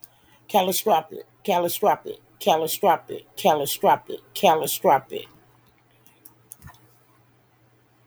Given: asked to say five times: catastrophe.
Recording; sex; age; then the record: repeated word; female; 50 to 59 years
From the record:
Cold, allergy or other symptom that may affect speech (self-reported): no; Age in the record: 55 years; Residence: California, United States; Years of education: 18